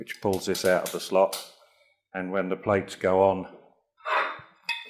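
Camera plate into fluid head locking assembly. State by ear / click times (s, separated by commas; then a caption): seated / 4.7 s. A metal camera plate is slid onto the locking assembly of a Ronford Baker Atlas 7 fluid head, which has a safety lever that pulls it out of the slot, while someone talks. After a brief scrape, a sharp click at 4.7 s shows the plate has seated in the dovetail lock, so it is safe.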